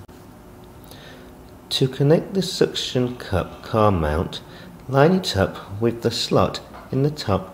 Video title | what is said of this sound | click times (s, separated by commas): Z-Edge Dual Dash Cam 4.0" Touch Screen Front and Rear Dash Cam FHD 1080P with Night | then with your finger or thumb push the micro sd card into the camera until it clicks into place | 0.9 s